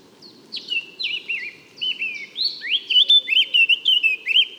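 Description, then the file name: Eurasian blackcap song, starting with soft scratchy twitters and building into loud, rich fluting whistles that rise and fall in a rapid run. "Sylvia atricapilla"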